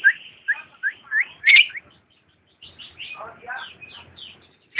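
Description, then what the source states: Lovebird song: series of short shrill upslurred chirps and squeaks, with a pause midway before more varied twittering. Champion lovebird song.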